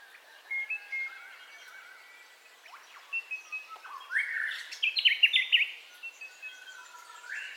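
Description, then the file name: Birds singing in a dawn chorus: long level whistles, then a loud trilled phrase in the middle, with sharp chirps scattered throughout. Dawn ambience, recorded in stereo. "AMBIENCE DAWN BIRDCALLS 04 STEREO"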